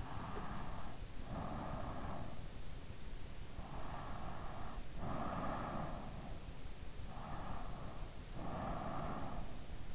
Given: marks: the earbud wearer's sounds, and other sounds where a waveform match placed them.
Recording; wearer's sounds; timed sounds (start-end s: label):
sounds in sleep by an in-ear microphone; breath
0.00-2.52 s: breath
3.54-6.01 s: breath
6.96-9.70 s: breath